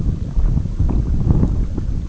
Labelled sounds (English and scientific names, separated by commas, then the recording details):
none
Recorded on Arctic tundra, site EABA-MC, on 19 June 2019
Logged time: 02:00